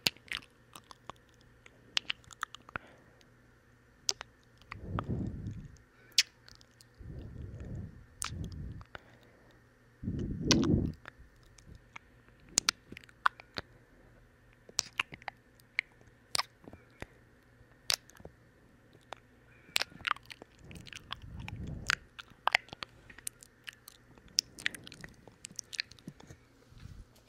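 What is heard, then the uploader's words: Wet mouth sounds: sharp little smacks and clicks pop out every second or so across the whole stretch. Several low, soft squishing bursts swell up around five, seven to eight, ten, and twenty-one seconds, like chewing. My wet mouth sounds + kissing sounds. No talking. Wet Mouth and Kissing Sounds.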